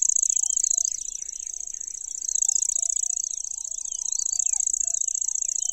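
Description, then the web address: Lanceolated warbler giving a continuous high, rapid cricket-like trill, with other birds chattering and whistling underneath throughout. "makinosennyu"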